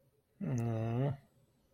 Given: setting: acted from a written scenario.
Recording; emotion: vocal sound without words; sympathy